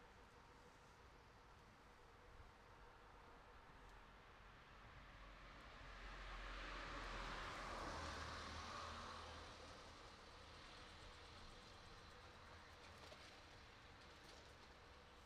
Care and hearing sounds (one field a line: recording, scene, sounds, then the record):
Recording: everyday scene through a hearing-aid microphone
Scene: in traffic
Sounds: traffic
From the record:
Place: city secondary road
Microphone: in the ear canal, right